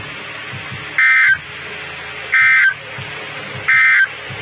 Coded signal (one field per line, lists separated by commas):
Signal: Emergency Alert System (SAME) tones